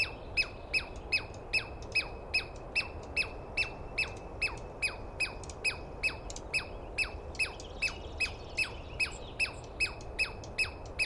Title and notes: On the morning of 21 April, 2017, I set up my microphones and recorder for a nice dawn recording in the East Cascades. I was started awake by a screaming Douglas Pine Squirrel